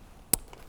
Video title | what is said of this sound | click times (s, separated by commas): How to install change tail light lamp 1997 1998 1999 2000 2001 Honda CRV REPLACEMENT REPLACE DIY FIX | just like that you hear a snap | 0.3 s